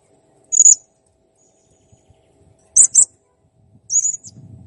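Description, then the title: Blue-crowned hanging parrot uttering three shrill, very high squeaky bursts, with a faint low rumble near the end. Master recording intended for training cage birds; the bird is singing actively, in a clear recording. "Masteran Burung Serindit Ll Masteran Serindit Gacor Jernih"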